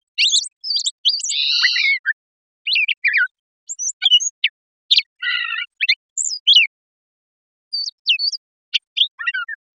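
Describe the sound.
Brown thrasher giving a varied series of short phrases: sharp high chips, harsh buzzy notes and whistled slurs, separated by brief pauses, with no other sounds.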